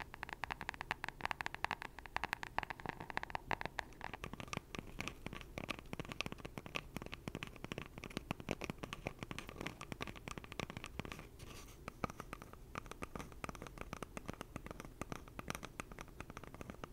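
Pure tapping: dense, rapid light taps and scratchy clicks continue steadily throughout, crisp and bright, with no pauses or other sounds.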